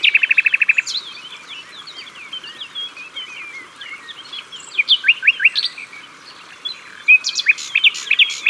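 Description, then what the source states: Common nightingale song opens with a rapid buzzy rattle, then soft twittering, followed by bursts of loud sharp notes midway and near the end. Recorded at the water's edge.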